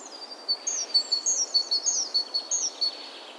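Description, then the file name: Great tit, a steady series of several high clear notes alternating upper and lower pitches. "Parus major"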